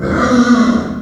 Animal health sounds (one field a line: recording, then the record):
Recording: squeal of a Yucatan mini pig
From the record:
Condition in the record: after surgery on the right vocal fold (resection and tissue-engineered implant)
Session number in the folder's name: 7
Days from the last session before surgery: 47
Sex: female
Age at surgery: 19 weeks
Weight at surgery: 25 kg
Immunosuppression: prednisolone